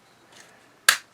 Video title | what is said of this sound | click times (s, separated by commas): Capone DX9s Motormaster | you got to kind of push in to make it snap this | 0.9 s